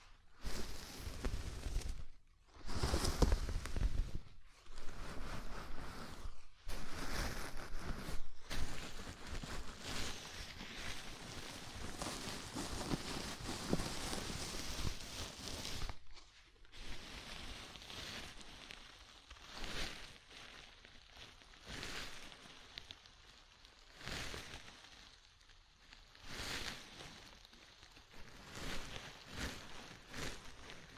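A scalp massage: dense, scratchy rubbing of fingers through hair, with brief pauses around 2, 4 and 6 seconds. After about 16 seconds it breaks into separate strokes, each a short hissing swell, coming roughly every second or two.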